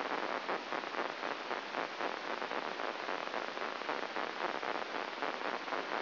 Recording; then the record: brain microelectrode recording played as sound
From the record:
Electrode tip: inside the subthalamic nucleus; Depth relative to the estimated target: 2 mm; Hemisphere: right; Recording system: AlphaMap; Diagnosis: Parkinson's disease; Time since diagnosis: 12 years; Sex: male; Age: 57 years